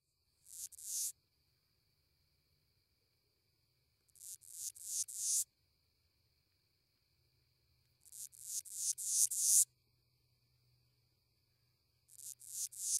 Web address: The Songs of Insects. Broad-winged Bush Katydid